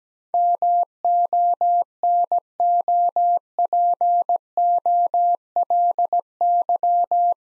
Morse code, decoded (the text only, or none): MONOPOLY